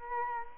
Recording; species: mosquito wingbeat signal from an infrared sensor; Culex quinquefasciatus